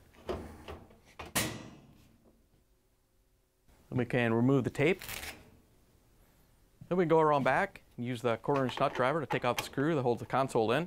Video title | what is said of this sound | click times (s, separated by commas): How To Troubleshoot a GE Washing Machine That's Out Of Balance | and then carefully set the top down so it locks in place | 1.2 s